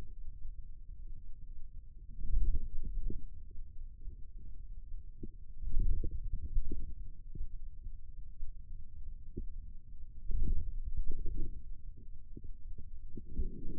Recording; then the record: forearm muscle sounds (acoustic myography)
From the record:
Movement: wrist flexion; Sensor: system 2, bracelet of six BSWA MPA416 microphones around the upper forearm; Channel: 3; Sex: male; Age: 22 years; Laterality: right